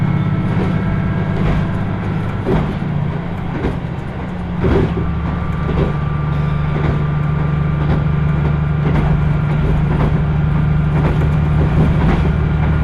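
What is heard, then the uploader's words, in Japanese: A limited express train climbs the steep Aso grade on the Hōhi Line. A steady, deep engine drone with a faint high whine runs throughout, while sharp rail-joint clacks land every second or so, sometimes in quick pairs. 豊肥本線 九州横断特急3号 立野→宮地。立野を出るとスイッチバックで逆走していき、再度向きを変えて阿蘇の急峻な坂を上がっていきます。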